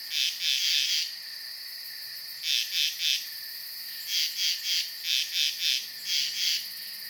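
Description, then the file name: Frogs call in repeated pulsed groups with pauses between, while insects keep up an unbroken high drone. Night ambience with frogs and insects. "Blastwave FX Night Insects Frogs"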